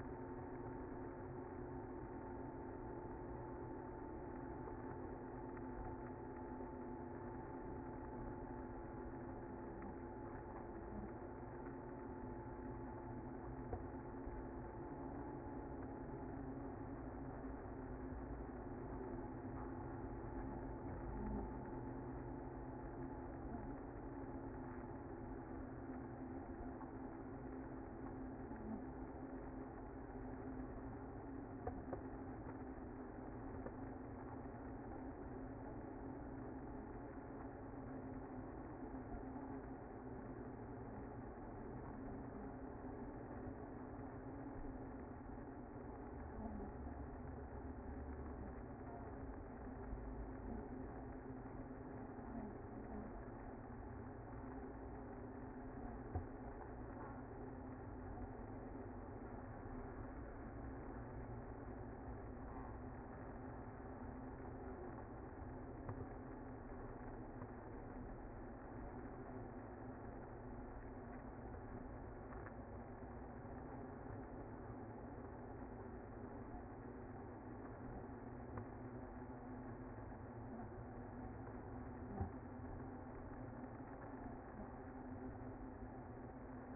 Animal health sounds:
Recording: honeybee colony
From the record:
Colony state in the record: active

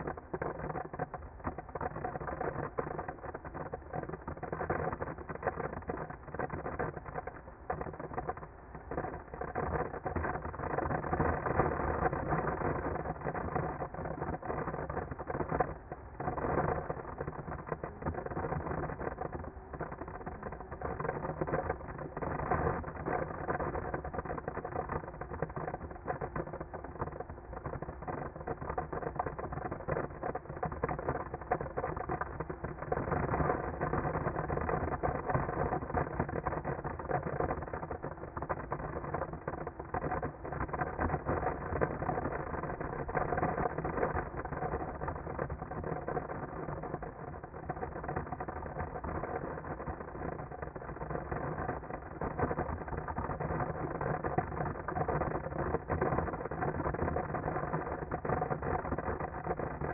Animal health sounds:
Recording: honeybee colony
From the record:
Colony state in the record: active

